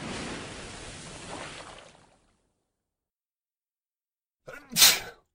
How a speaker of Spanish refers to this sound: ¿Sabías que cuando estornudas, el aire sale de tu nariz a una velocidad media de 160 km por hora?